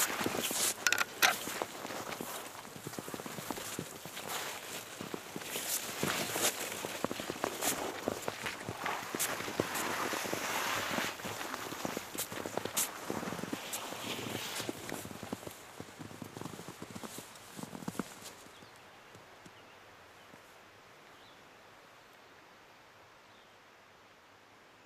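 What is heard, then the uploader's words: Footsteps crunch steadily through snow in Tuolumne Grove, dense and crisp for about eighteen seconds, then stop, leaving a faint quiet hush. A snow covered walk through Tuolumne Grove in Yosemite National Park.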